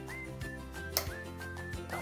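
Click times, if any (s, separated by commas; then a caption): 1.0 s. A metal cap nut on a Delta faucet is pressed down onto the faucet body and turned counterclockwise over steady background music. A single sharp click comes at 1.0 s as the cap nut drops into thread alignment. The cap nut is seated with its threads lined up, so it can now be turned clockwise without cross-threading.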